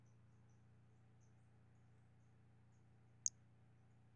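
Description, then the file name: Brachycephalus albolineatus uttering a few soft high-pitched peeps spaced apart, then one loud sharp click, all over a faint low hum. Recorded 5 February 2016. "Brachycephalus albolineatus 160205"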